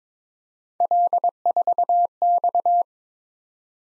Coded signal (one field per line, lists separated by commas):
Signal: Morse code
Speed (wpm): 22 wpm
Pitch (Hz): 700 Hz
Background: none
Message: L4X